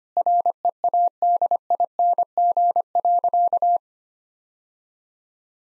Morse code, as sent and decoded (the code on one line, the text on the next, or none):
.-. . .- -.. .. -. --. .-.-.-
READING.